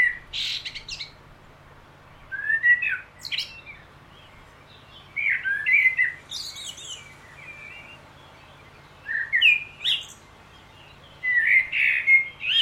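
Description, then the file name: Common blackbird singing rich warbling phrases with high, thin chittering tails, five bursts of song spaced by short pauses. "Turdus merula"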